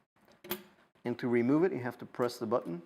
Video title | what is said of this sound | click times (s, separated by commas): HystVision Standard review | and the connector only goes one way and it has to click into place | 0.5 s